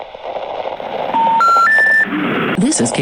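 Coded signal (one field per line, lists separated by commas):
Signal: telephone call progress tone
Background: speech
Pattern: special information tone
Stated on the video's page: EAS SAME tones in an old unfinished fictional scenario, simulated.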